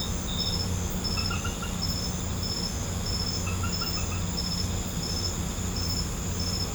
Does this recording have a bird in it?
no